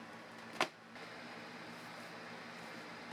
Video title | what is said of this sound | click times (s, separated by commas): E-flite P-51D Mustang 1.5m BNF Basic with Smart Technology - HobbyView | the wing tips use similar connectors but in this case the parts just snap into place | 0.6 s